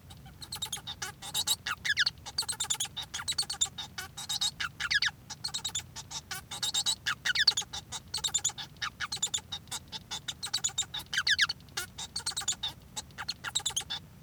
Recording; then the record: song of a male Bengalese finch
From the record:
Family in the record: son of father 1